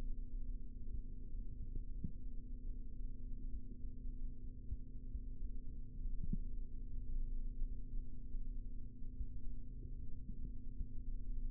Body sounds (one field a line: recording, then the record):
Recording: forearm muscle sounds (acoustic myography)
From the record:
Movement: rest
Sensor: system 3, bracelet of six PUI Audio POM-2738L microphones around the upper forearm, with dedicated amplification and filtering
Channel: 3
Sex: male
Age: 25 years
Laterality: right